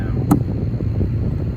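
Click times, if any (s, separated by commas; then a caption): 0.3 s. A plastic part of a MAXxAIR RV vent cover is pressed into its bracket during the install, and it pops into place with a sharp click at 0.3 s. A steady low hum runs underneath throughout.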